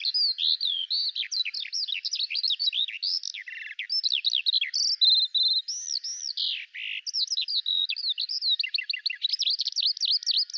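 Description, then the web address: Bird song, a fast, unbroken stream of high chirps, trills and short whistles, varied and continuous throughout, with no other sounds. "Deverinetal 2025 File cleaned normalized Bird Al Ar"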